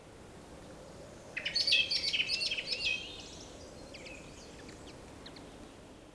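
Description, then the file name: Common blackbird giving a short burst of high, rapid chattering notes lasting under two seconds, followed by a few faint notes over steady background noise. "Turdus merula"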